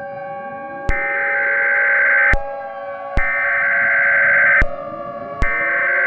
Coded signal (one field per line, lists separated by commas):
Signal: Emergency Alert System (SAME) tones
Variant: header bursts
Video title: USA EAS(39) (Homestead, Florida)